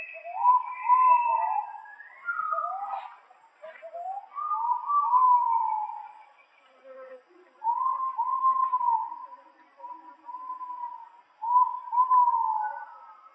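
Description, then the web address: Ivory-breasted pitta repeating low, mellow gliding whistles over about thirteen seconds, with some higher notes early on. Recorded in Indonesia. "ULM-DS-Lab indonesian-bird-sounds. Pitta maxima"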